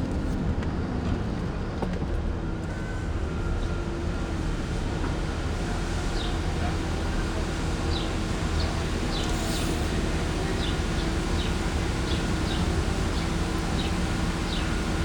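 A car drive in Phoenix: a steady low rumble of engine and road noise, with faint chirping bird-like calls repeating after six seconds.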